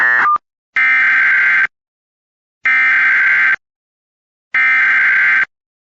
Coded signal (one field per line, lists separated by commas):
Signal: Emergency Alert System (SAME) tones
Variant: header bursts